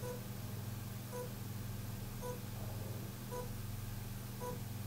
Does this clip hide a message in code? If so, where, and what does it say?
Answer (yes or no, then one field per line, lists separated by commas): no